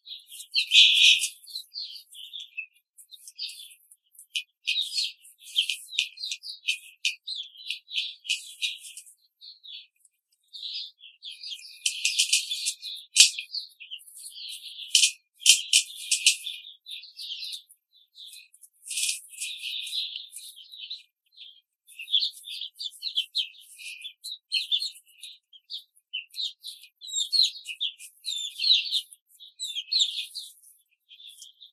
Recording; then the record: young laying hens in a cage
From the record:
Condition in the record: control cage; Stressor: none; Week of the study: 5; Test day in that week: 1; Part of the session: 1